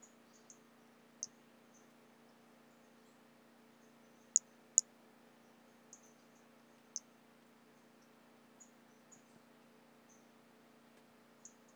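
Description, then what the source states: White-lined pumpkin toadlet calls: thin, very high clicks and peeps at uneven intervals, a loud pair mid-way, others softer, with low hum behind. Recorded in 2017.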